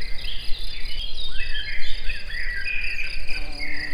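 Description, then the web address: Insects give a steady, high, continuous buzz over a low rumble. Insects in nature at Egertúristaház. "rovarok. egerturistahaz"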